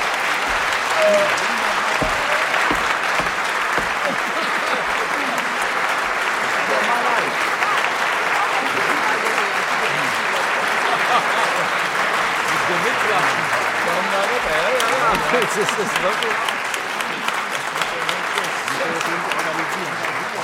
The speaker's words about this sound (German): Darf ich noch etwas sagen für die Gewaltigen in diesem Funkhaus, die vielleicht nur sagen, naja, da haben die Beifall gegeben, müssen wir das vielleicht formal machen.